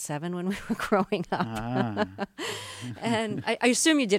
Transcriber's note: soundbite of laughter